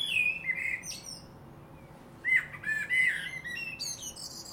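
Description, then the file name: Common blackbird song: two fluted, warbling phrases around mid pitch, each ending in a squeaky high twitter, separated by a short pause. "Turdus merula"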